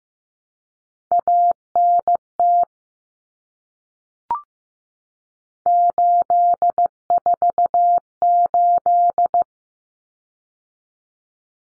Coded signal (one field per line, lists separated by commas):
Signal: Morse code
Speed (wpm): 15 wpm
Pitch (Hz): 700 Hz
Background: none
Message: ANT 848